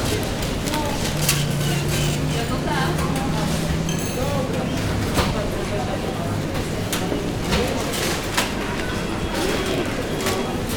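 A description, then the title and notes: A busy market hums with a steady crowd of overlapping voices, dense, with no single speaker standing out. A low vehicle drone runs underneath, and a brief engine tone holds from about one to four seconds. Sharp clicks and knocks punctuate the chatter throughout. The Busy Market.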